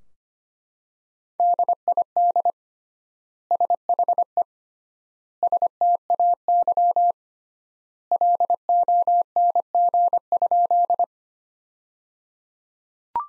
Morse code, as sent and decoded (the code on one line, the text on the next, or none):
-.. .. -.. / ... .... . / ... - .- -.-- / .-.. --- -. --. ..--..
DID SHE STAY LONG?